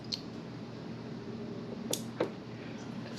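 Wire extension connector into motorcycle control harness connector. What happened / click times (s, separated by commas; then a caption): The wire connector clicked home / 1.9 s. A handlebar wire extension connector is plugged into the control harness connector on a Harley Lowrider ST during a bars-and-risers install. Over a low background hum, a faint tick comes at 0.1 s, then a sharp, solid click at 1.9 s as the connector seats, followed by another short knock at 2.2 s. The connector is seated and clicked in.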